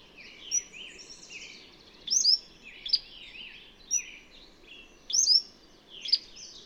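Bird song with lively chirps and swooping warbles, and loud double notes around two and five seconds.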